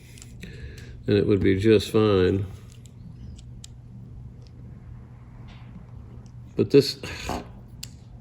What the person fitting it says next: there we go. Did you hear it click in there?